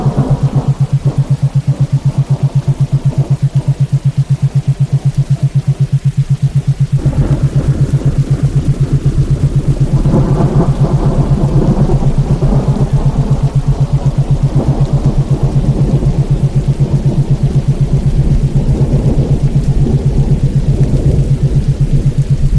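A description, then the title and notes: Steady low rumble with a rapid even pulsing throughout, swelling louder after seven seconds, with soft rain-like hiss above and thunder. Featuring the soothing and meditative properties of 8 Hz alpha brain waves, gentle rainfall, and subtle thunder.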